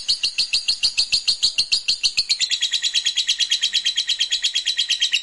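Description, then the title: Lovebird singing in a rapid, steady stream of sharp high chattering notes, the pitch dropping slightly partway through and then holding. Meant to stimulate a lazy, quiet lovebird so that it eagerly and spontaneously starts singing in the sustained 'narik' style. "LOVEBIRD Malas Bunyi JADI GREGET SPONTAN Langsung NARIK"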